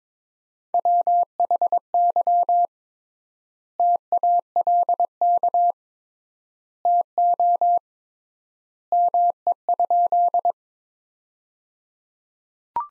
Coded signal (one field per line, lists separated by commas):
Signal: Morse code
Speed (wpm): 22 wpm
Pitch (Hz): 700 Hz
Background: none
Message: WHY TALK TO ME?